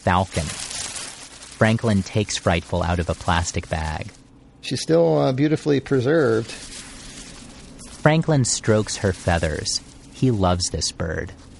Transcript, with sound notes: Franklin takes Frightful out of a plastic bag.
She’s still, uh, beautifully preserved.
[SOUND OF STROKING FEATHERS]
Franklin strokes her feathers. He loves this bird.